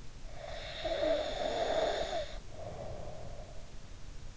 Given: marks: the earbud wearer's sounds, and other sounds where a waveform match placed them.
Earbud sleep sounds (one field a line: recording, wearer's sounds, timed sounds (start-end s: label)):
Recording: sounds in sleep by an in-ear microphone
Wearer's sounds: snoring breath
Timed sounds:
0.33-3.66 s: snoring breath